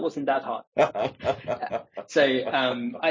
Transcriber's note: laughs